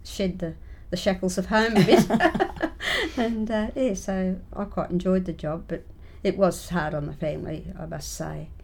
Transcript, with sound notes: shed the shackles of home a bit [laughs] and so I quite enjoyed the job but it was had on the family I must say.